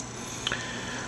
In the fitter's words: You just push it till it snaps in and that'll hold that in place.